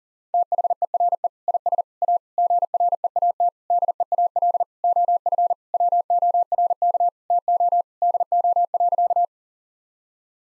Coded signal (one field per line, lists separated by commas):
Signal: Morse code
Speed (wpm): 40 wpm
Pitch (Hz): 700 Hz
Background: none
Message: THERE IS A GREAT DEAL OF WORK TO DO.